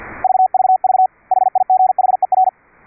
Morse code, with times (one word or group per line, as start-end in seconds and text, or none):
0.2-1.1 VVV
1.3-2.5 HIGHER